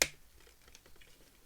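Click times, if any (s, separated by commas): 0.0 s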